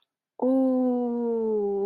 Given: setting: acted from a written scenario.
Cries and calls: vocal sound without words; awe

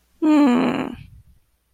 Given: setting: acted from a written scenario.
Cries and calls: vocal sound without words; disappointment

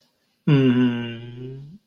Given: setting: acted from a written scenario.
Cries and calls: vocal sound without words; romantic love

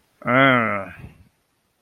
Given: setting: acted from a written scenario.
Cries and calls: vocal sound without words; disgust

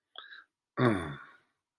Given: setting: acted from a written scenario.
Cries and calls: vocal sound without words; disappointment

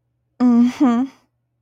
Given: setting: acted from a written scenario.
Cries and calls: vocal sound without words; contempt

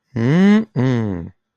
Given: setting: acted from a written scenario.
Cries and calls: vocal sound without words; contempt

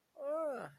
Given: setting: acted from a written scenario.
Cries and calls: vocal sound without words; guilt

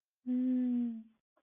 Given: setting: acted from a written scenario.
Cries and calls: vocal sound without words; embarrassment

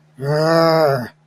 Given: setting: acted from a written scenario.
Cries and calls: vocal sound without words; anger

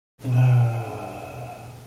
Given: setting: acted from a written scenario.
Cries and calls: vocal sound without words; serenity

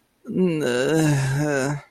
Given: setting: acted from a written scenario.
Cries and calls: vocal sound without words; embarrassment

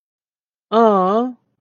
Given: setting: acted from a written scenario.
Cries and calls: vocal sound without words; adoration

